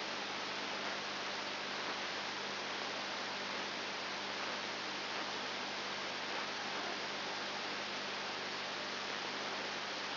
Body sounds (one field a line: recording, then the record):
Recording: brain microelectrode recording played as sound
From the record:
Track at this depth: outside the subthalamic nucleus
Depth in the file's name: 6.9 mm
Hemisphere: left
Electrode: 2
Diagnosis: Parkinson's disease